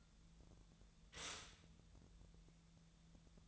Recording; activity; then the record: daily activity, microphone in the room; stop toaster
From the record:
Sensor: 3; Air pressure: 1000.2 hPa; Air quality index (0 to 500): 156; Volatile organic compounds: 3 ppm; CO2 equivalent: 1373 ppm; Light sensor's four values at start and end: 35/89/37/40 and 35/89/37/40